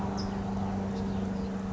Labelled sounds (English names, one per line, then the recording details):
California Towhee
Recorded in Sonoma County, California